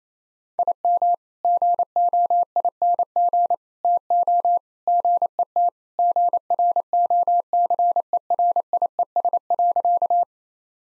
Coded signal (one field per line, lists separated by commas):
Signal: Morse code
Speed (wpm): 28 wpm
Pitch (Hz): 700 Hz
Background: none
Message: IM GOING TO GET GROCERIES.